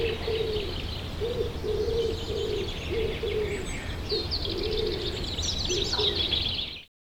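Common wood pigeon giving a run of low, muffled coos in rhythmic groups, over busy high chirping from other birds, ending abruptly.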